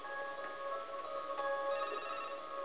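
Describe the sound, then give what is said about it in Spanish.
A telephone rings for an incoming listener call in a radio station booth, a steady electronic tone with layered, buzzy harmonics that holds at an even level throughout, with no one speaking. “Parece que ya tenemos otra llamada, vamos a ver quién nos llama.”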